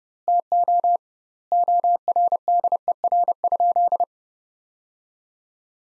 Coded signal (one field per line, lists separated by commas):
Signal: Morse code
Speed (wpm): 30 wpm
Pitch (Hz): 700 Hz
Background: none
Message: TO ORDER?